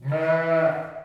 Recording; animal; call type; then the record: contact call of a hoofed animal; sheep; low-frequency (closed-mouth) or high-frequency (open-mouth) call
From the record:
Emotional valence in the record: negative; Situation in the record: short social isolation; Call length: 1.04 s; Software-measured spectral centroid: 1300 Hz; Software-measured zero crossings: 1410 a second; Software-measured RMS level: -23 dBFS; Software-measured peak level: -11 dBFS